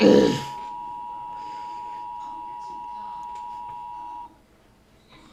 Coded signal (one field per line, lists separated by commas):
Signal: Emergency Alert System (SAME) tones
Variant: 853 and 960 Hz attention tone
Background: speech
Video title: EAS Scenario The Night of the Nightmares Reaction